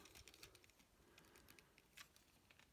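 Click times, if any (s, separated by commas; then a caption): none. A plastic armor panel is pushed into place on the leg of a Takara Tomy Transformers Generations Selects Star Convoy transforming toy robot, giving light, scattered plastic taps and small handling ticks over a low background hiss. The panel has not clicked into place yet.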